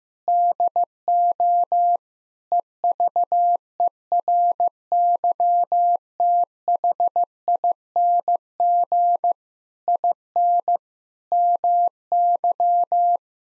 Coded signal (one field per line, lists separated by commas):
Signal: Morse code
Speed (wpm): 15 wpm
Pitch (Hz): 700 Hz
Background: none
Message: DO EVERYTHING IN MY